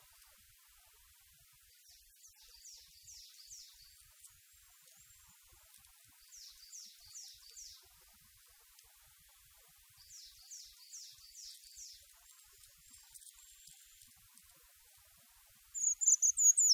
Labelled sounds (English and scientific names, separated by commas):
Eurasian Treecreeper (Certhia familiaris) song